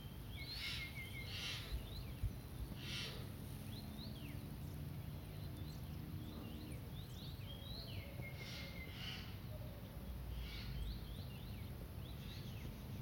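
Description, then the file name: Eurasian jay giving harsh, rasping screeches in short bursts at irregular intervals, over many thin chirps and a low rumbling background. "Garrulus glandarius"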